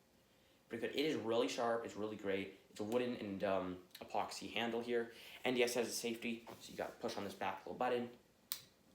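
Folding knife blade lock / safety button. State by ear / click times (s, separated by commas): seated / 8.5 s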